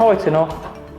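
A spring-loaded knob pin on the handlebar post of a JLL IC400 indoor cycling exercise bike is handled as the post is set to height in the bike frame. Someone talks over background music. The post is not yet home, and nothing has seated or clicked yet.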